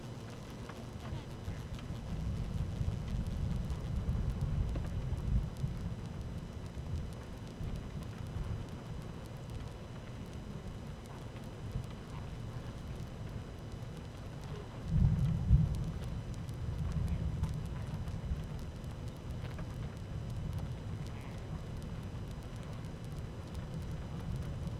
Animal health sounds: honeybee colony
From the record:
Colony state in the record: active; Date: 12 June 2018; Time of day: 13:30

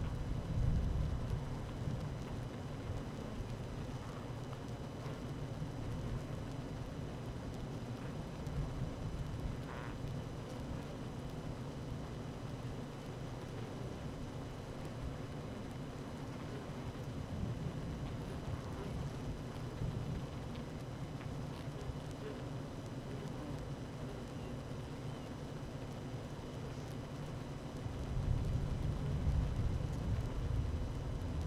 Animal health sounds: honeybee colony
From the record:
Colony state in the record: active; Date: 12 June 2018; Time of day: 12:30

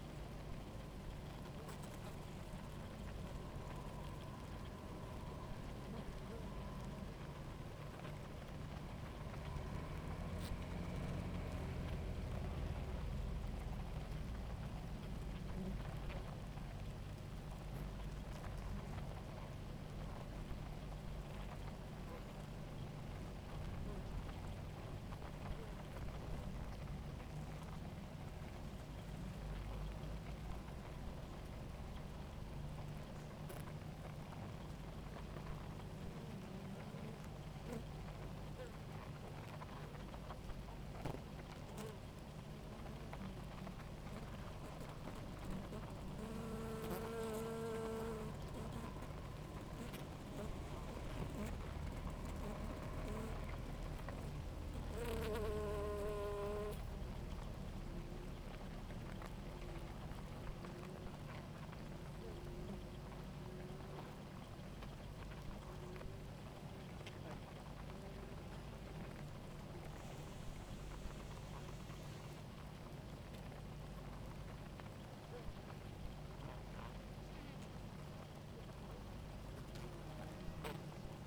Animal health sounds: honeybee colony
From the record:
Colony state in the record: active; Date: 28 July 2017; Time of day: 17:55

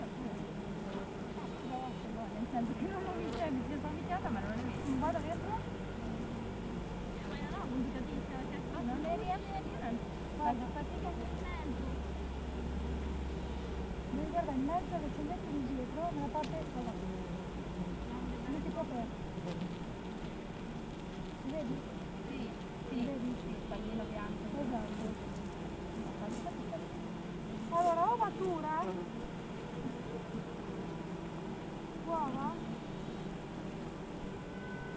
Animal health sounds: honeybee colony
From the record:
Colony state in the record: active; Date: 28 July 2017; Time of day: 8:10

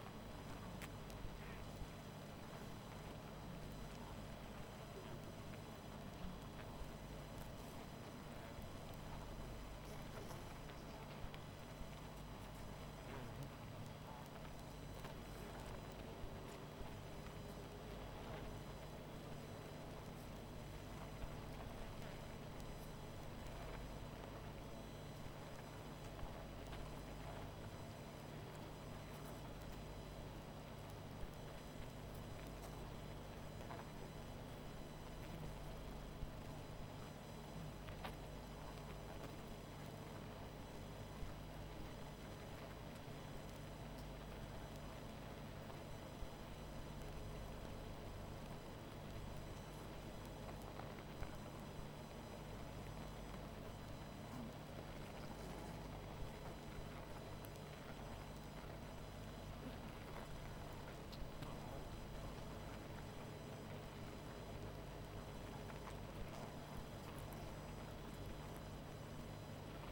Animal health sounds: honeybee colony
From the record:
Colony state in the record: missing queen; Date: 14 July 2017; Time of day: 20:58

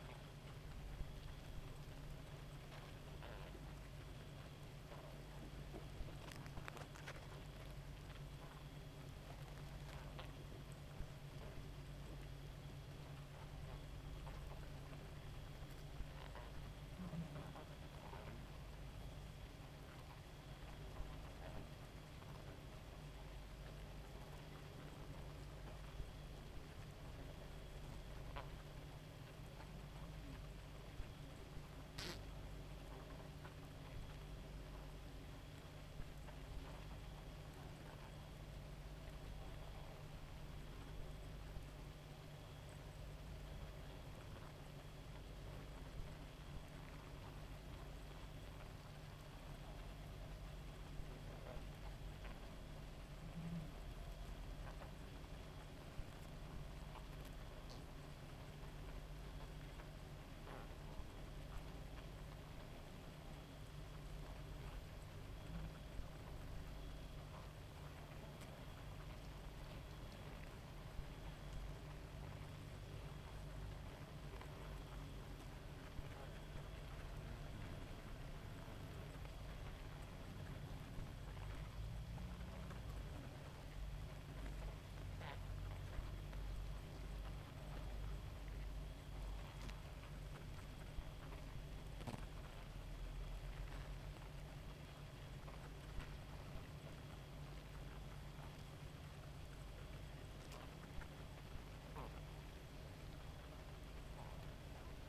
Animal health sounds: honeybee colony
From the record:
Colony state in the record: active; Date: 28 July 2017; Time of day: 2:00

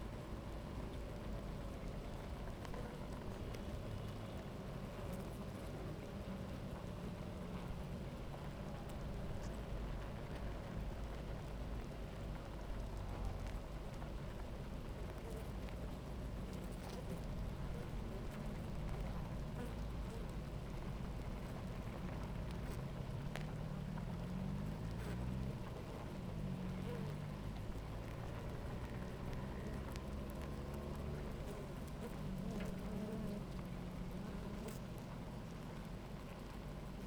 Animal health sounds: honeybee colony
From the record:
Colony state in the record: active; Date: 28 July 2017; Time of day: 11:10

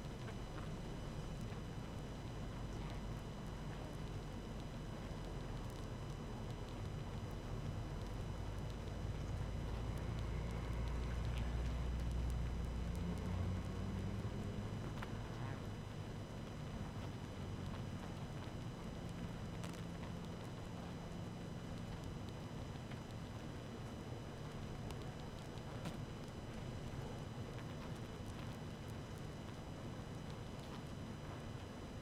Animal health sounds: honeybee colony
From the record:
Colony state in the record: active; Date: 12 June 2018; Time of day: 18:31

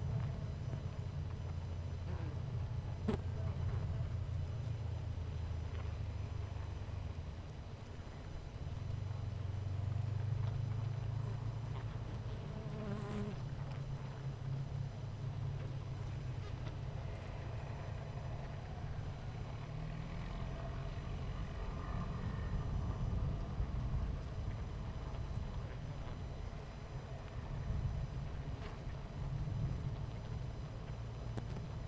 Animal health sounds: honeybee colony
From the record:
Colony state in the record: missing queen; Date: 14 July 2017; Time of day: 11:27

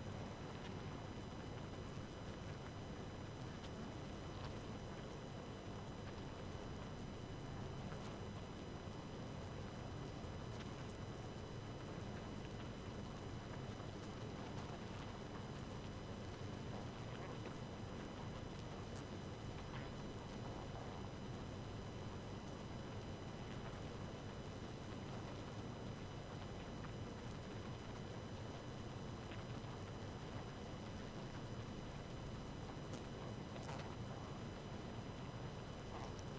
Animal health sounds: honeybee colony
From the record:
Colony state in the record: active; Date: 12 June 2018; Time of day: 2:12

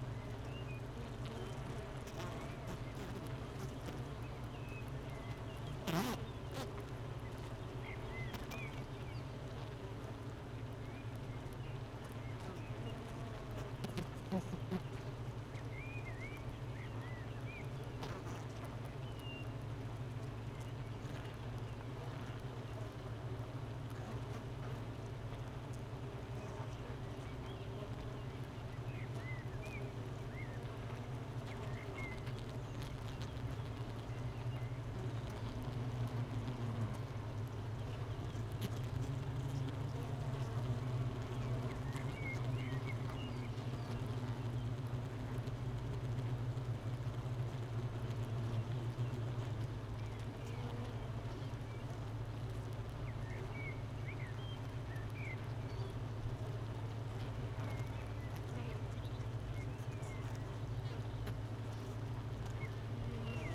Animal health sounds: honeybee colony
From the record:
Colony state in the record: missing queen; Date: 31 May 2018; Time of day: 9:18

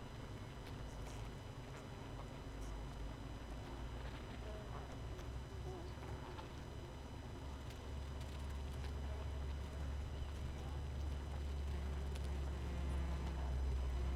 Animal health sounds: honeybee colony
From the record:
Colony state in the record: missing queen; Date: 31 May 2018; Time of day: 18:37

